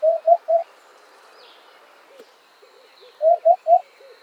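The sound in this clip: Eurasian hoopoe calling two hollow triple hoots, poo-poo-poo, separated by a pause, with faint birds behind.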